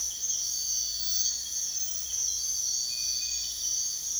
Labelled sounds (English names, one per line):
none